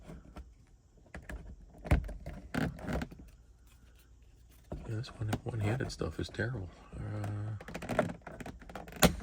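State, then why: Seated. While someone talks, a plastic rear quarter trim panel on an Audi B8 S5/A5 Coupe is pressed one-handed back into the rear quarter panel body during a rear speaker install, with scattered knocks and taps around 1.2–3.0 s and 8.4–8.8 s. Its plastic retaining clips engage with a sharp snap at 9.0 s, and the panel is seated nice and tight all the way around with no damage.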